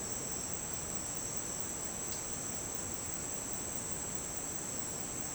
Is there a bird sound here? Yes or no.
no